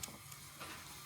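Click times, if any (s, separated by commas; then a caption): none. A plastic LEGO brick is pressed onto a LEGO model (set 60411), giving two small, sharp knocks at about 0.0 s and 0.3 s over a low steady hum. The brick won't stick and has not locked on yet.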